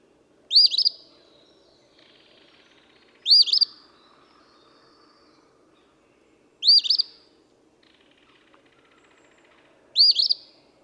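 Eastern phoebe giving four raspy two-part songs, spaced about three seconds apart.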